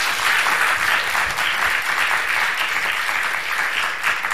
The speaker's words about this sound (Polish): I to są też brawa, przede wszystkim brawa dla naszych gości.